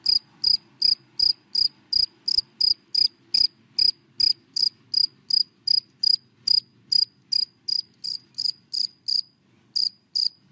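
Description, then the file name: Cricket song of regular bright chirps, a short pause near the end before chirping resumes, faint low hum behind. Crickets calling, given by the Vietnamese names dế mèn, dế cơm and dế than. "Tieng de men de com de than keu"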